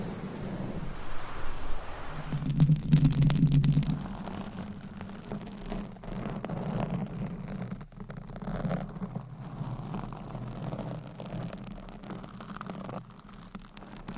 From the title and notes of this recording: Mic Scratching Battle with 100 Different MICS ! Bare VS Foam VS Fluffy Covers. No Talking.